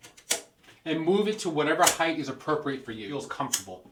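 A plastic leg is pushed onto a shower chair frame, and the spring height peg pops through the hole in the aluminium leg with a sharp click at 0.3 s, seating it in place. Someone then talks.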